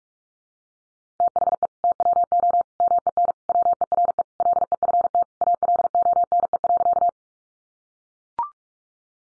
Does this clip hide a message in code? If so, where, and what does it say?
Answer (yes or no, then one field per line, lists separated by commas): yes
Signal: Morse code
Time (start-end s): 1.2-7.1 s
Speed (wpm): 44 wpm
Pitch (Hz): 700 Hz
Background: none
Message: THE TWO MEN WERE LEFT ALONE.